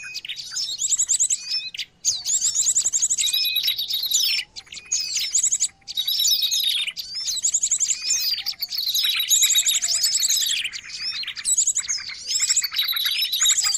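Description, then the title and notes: Birds in a long, busy chorus of piercing chirps and fast rattled trills, broken by a few brief gaps. Long-duration noisy bird sounds used as a lure for catching birds; master training audio. "Master Burung Ribut Durasi Panjang. Burung Ribut Pikat"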